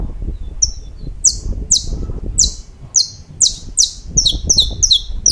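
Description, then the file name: Saffron finch song of crisp, high, downward-sweeping chirps, spaced evenly, then speeding into a tight cluster of doubled notes, with low background hum. "Canto-do-Canário-da-Terra"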